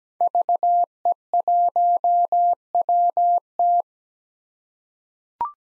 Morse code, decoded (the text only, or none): VE1WT